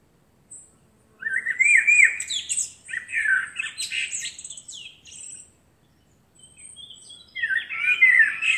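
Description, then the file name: Common blackbird song in bursts: flute-like whistles sliding into harsh, high twittering, with a short gap before a final phrase. "Turdus merula"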